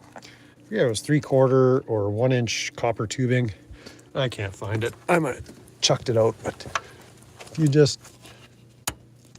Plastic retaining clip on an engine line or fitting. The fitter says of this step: I don't know if you saw that or heard that click,